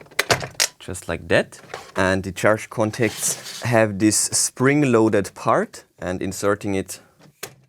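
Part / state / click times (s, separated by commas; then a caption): cordless wet-dry vacuum into its charging base / not seated / none. Someone talks while handling an EZVIZ RH1 cordless 3-in-1 wet-dry smart vacuum, bringing its plastic body to its charging base, which has spring-loaded charge contacts. A few brief sharp ticks are heard among the speech. The vacuum has not seated or snapped into the base yet.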